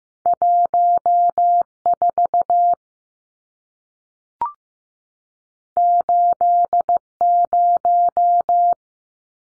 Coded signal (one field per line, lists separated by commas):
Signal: Morse code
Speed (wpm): 15 wpm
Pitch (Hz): 700 Hz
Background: none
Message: 14 80